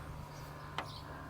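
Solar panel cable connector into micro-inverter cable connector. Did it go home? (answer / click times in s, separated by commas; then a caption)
yes / 0.8 s. A solar panel cable connector is pushed into its mating connector on the micro-inverter lead. It gives a sharp click at 0.8 s over steady low background noise, and a faint second tick follows near 1.3 s. The connector is seated.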